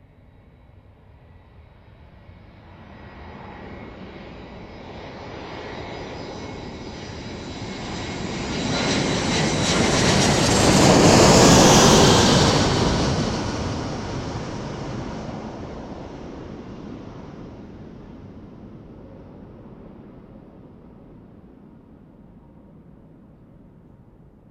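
An airplane approaching Kloten airport roars in, swelling to a loud rushing peak around twelve seconds with a high whine, then fading away.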